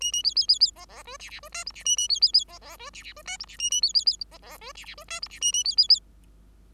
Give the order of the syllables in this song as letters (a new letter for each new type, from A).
A A B B B B C C D E E D F G E A A B B B C C D E E D F G E A A B B B C C D E E D F G E A A B B B